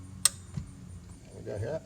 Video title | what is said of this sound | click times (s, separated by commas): ’04 Jeep Liberty 3.7l V6 4x4 Replace: Water pump, tensioner/idler pulley, thermostat, serpentine | we're gonna get that down until it clicks there it is right there one more for safe measure 30 foot pounds there | 0.2 s